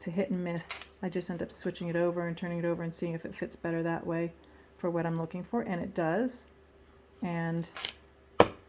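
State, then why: Seated. Someone talks while flipping a laser-cut acrylic inlay over to the other side to account for the kerf taper, then presses it into the cutout in an acrylic sheet. A single sharp snap at 8.4 s marks the inlay seating snugly in the cutout.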